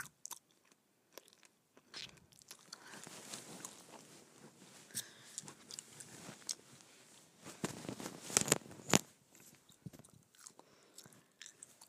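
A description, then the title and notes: Gum chewing with wet, sticky smacks and soft clicks coming in an irregular, fairly dense run. It starts sparse, grows busier from about two seconds on, and peaks around eight to nine seconds with sharp, bright snaps before thinning out again. ASMR Gum Chewing.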